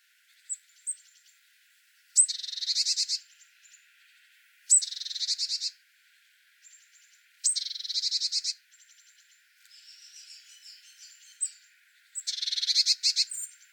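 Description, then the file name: Eurasian blue tit repeating a scolding call: short, high notes and four buzzy churring bursts at uneven intervals. "Cyanistes caeruleus"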